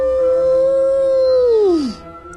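A wolf howls in the distance as night falls in freezing cold: one long, steady, mid-pitched note held for nearly two seconds, then sliding downward as it fades out.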